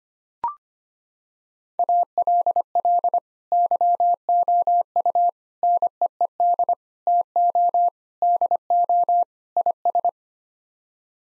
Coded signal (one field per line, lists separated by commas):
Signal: Morse code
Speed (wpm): 25 wpm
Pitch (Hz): 700 Hz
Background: none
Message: ALL YOU NEED TO DO IS